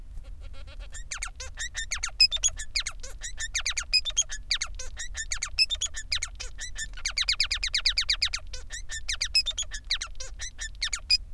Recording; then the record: song of a male Bengalese finch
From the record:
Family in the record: son of father 3